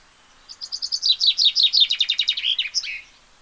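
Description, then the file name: Common chaffinch singing one full phrase: repeated high, slurred notes run downward into a faster trill and finish with a short emphatic end note. "Fringilla coelebs"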